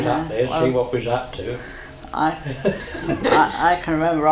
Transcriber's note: laughs